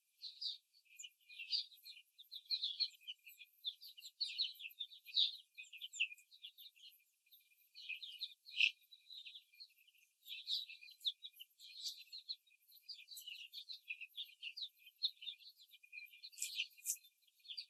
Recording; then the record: young laying hens in a cage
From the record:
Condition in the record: before the stressor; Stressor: simulated dog barking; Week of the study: 3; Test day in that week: 2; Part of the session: 1